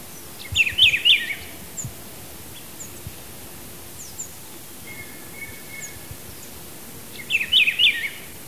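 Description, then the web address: Rufous-browed peppershrike song: a short, liquid warbled phrase, repeated several seconds later, with faint other bird notes and a brief steady whistle between. Ecuador. "Birds of Ecuador. Rufous-browed Peppershrike"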